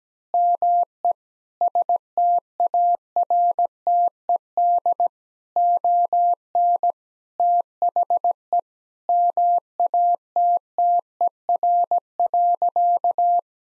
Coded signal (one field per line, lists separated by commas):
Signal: Morse code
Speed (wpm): 17 wpm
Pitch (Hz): 700 Hz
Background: none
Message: ME STARTED ON THE MATTER.